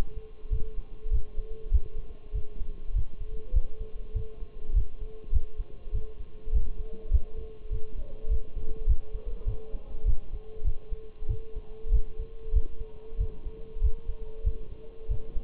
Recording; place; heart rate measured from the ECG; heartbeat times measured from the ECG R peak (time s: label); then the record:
heart sounds by stethoscope; between the tricuspid and mitral areas; 99 bpm
0.52 s: heartbeat
1.13 s: heartbeat
1.73 s: heartbeat
2.35 s: heartbeat
2.95 s: heartbeat
3.55 s: heartbeat
4.16 s: heartbeat
4.76 s: heartbeat
5.34 s: heartbeat
5.94 s: heartbeat
6.54 s: heartbeat
7.13 s: heartbeat
7.72 s: heartbeat
8.31 s: heartbeat
8.88 s: heartbeat
9.47 s: heartbeat
10.07 s: heartbeat
10.66 s: heartbeat
11.30 s: heartbeat
11.93 s: heartbeat
12.55 s: heartbeat
13.20 s: heartbeat
13.83 s: heartbeat
14.46 s: heartbeat
15.10 s: heartbeat
From the record:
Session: Bruce protocol treadmill stress test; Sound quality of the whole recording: partially saturated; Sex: male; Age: 23 years